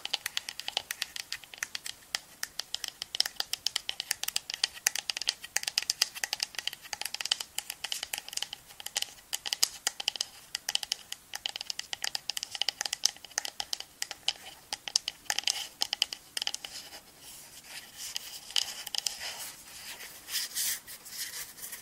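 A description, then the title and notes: Dense crackling and rubbing sounds of hands working foamy mousse and cleanser over skin, steady throughout, with soft slippery textures. ASMR Relaxing Massage (Cleansing, Face Touching, Body Mousse, Personal Attention, No Talking).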